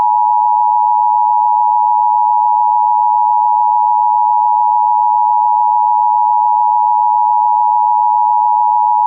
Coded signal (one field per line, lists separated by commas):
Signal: Emergency Alert System (SAME) tones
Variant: 853 and 960 Hz attention tone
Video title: The Boston Molassacre - EAS Mock Scenario